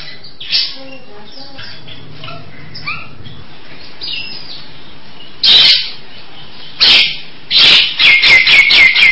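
Nias hill myna giving soft scattered notes, then loud harsh bursts and a rapid run of short, repeated clipped notes near the end.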